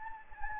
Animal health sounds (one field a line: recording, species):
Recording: mosquito wingbeat signal from an infrared sensor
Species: Anopheles gambiae